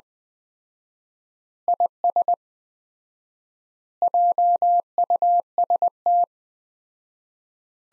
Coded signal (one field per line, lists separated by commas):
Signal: Morse code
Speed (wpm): 21 wpm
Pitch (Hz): 700 Hz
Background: none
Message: IS JUST